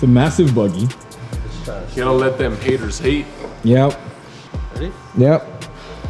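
A refitted tube door latch on a body-swapped Lamborghini Urus Chevy Tahoe truck is handled before closing onto the truck body striker, while someone talks. Nothing has seated or clicked yet.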